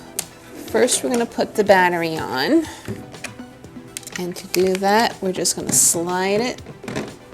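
Someone talks over background music while a Makita 40V battery is being slid onto the battery mount of a Makita 40V cordless backpack vacuum cleaner. A few short handling knocks are heard, but nothing has seated or clicked yet.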